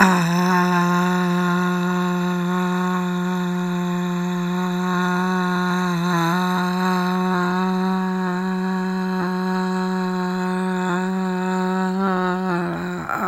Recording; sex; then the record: sustained vowel /a/; female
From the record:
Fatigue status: no fatigue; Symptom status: symptomatic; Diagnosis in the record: COVID-19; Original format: m4a